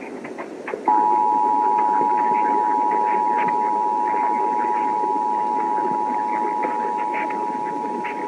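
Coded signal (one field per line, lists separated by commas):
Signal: Emergency Alert System (SAME) tones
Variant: 853 and 960 Hz attention tone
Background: speech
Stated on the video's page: EAS alerts from every US state, captured via live stream or in person.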